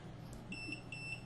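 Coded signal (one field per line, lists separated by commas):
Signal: beep code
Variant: Sonoff RF Bridge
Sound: two short high-pitched electronic beeps in quick succession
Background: low room hum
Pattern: 2 short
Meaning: Two beeps confirm the sensor's code was learned and added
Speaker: as soon as we did that we got two beeps in the sonoff rf bridge and now we have our sensor as well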